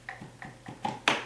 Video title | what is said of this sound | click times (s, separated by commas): How to Install Kidde Hard Wired Smoke Alarm Made Easy/DIY for Beginners | and it and it keeps clicking it goes that way you know it's tight and then I heard this kind of popped into place | 1.1 s